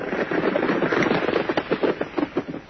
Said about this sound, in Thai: เอ๊ะมีม้าวิ่งตามมาอีก3ตัว ฮะพวกไหนอีกอ่ะ